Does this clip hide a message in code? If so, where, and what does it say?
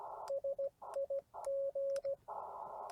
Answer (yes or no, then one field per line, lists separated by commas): yes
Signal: Morse code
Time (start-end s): 0.3-2.1 s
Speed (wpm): 17 wpm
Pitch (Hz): 550 Hz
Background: radio noise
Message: SIG